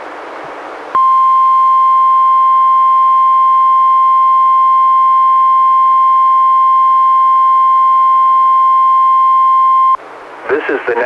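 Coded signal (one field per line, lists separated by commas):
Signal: Emergency Alert System (SAME) tones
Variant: 1050 Hz attention tone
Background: speech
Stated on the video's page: NWR Required Weekly Test relayed by a weather radio station, recorded directly from a Reecom R-1630 weather radio via a Zoom H1.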